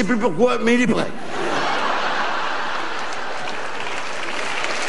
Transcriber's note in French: rires